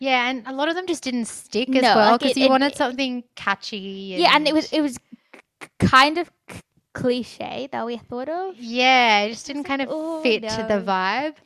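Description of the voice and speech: A woman speaks casually in a medium-pitched, clear voice, with natural pauses and one brief everyday repetition ("it was, it was"). Her speech is fluent and typical, with no stuttering blocks, prolongations or voice problems. A quiet room is the only background.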